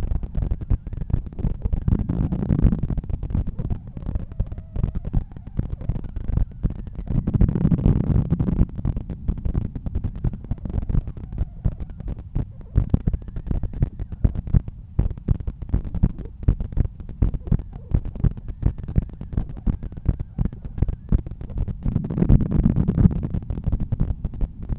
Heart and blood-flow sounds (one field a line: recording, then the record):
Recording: heart sounds by stethoscope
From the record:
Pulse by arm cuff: 83 bpm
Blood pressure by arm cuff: 131/83 mmHg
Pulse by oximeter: 84 bpm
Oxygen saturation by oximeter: 96%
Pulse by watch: 96 bpm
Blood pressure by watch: 131/86 mmHg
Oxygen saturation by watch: 97%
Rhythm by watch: sinus rhythm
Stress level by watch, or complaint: low stress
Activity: after 5 min smoking and 1 beer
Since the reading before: plus 1000 steps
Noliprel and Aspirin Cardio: after pills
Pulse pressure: 48 mmHg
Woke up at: 7:50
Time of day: 12:46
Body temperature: 36.3 C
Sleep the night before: 7 h 52 min, score 75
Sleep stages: REM 24%, light 55%, deep 12%, awake 9%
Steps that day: 9500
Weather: cloudy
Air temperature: 20.7 C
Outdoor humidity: 68%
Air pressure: 1014 hPa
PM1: 5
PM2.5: 8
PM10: 10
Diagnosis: hypertension, treated with Noliprel and Aspirin Cardio 100 mg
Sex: male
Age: 53 years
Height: 174 cm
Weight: 81 kg